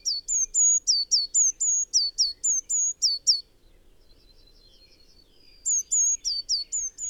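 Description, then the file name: Eurasian blue tit delivering a quick run of high, sharp notes for three seconds, a quiet gap, then a shorter burst. "Cyanistes caeruleus"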